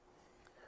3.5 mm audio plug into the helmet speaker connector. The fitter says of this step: It'll snap when you do.